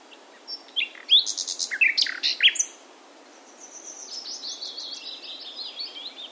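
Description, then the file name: Common nightingale song: loud varied chirps and whistles, followed by a softer long stream of rapid high notes, slowly falling. "Luscinia megarhynchos"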